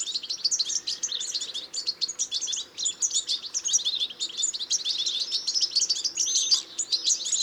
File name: Carduelis carduelis